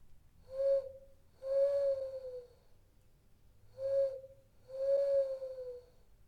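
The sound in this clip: Owl hoots in two phrases, each a short note followed by a longer, slightly wavering, falling note; the pair repeats after about one second over quiet low background hum.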